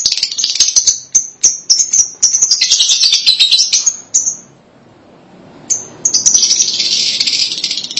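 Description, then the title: Lovebird calls: quick piercing chirps running into scratchy chatter, a short lull, then more shrill continuous chattering. "BM Suara Burung Lovebird"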